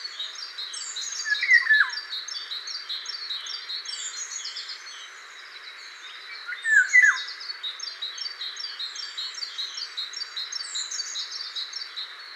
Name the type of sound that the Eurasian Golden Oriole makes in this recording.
song